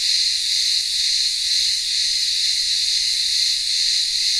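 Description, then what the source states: Cicadas produce an unbroken, shrill buzzing drone with faint pulsing, nearly steady throughout. Cicadas in the midday heat, town square of a remote Greek village on Ikaria island, Greece.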